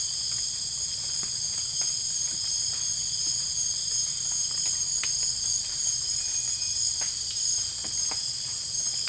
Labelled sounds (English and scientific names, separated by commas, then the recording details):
none
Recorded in dense forest near Puerto Asís, Putumayo, Colombia, on 20 December 2024 at 00:30
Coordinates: 0.484, -76.325
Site G056